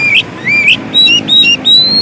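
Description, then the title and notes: Oriental magpie-robin song: clear whistled notes, some rising, others level, delivered in short phrases over a steady low hum. Long-duration filler (isian) song to make magpie-robins (kacer) sing actively (gacor) day and night. "Kacer Jadi Gacor Siang Malam. Isian Kacer Durasi Panjang"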